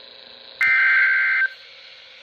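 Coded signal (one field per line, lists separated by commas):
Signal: Emergency Alert System (SAME) tones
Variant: header bursts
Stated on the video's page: Compilation of EAS alerts.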